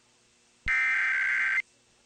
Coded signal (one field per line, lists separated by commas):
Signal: Emergency Alert System (SAME) tones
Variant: header bursts